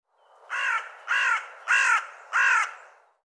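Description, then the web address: Bird calling: four harsh, nasal caws in quick succession. "cianscape birddata Deverinetal 2025"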